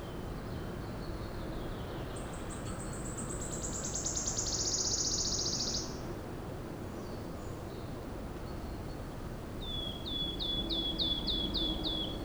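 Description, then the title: Wood Warbler shivering high trill, then a short series of repeated slurred whistles, low road rumble throughout. Solo singer in a soundscape on leaving a cave near Alléves, France; light wind in the foliage and road noise. "Alléves, France - Pouillot siffleur"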